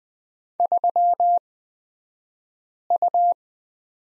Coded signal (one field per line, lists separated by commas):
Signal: Morse code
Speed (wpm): 20 wpm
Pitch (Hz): 700 Hz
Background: none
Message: 3U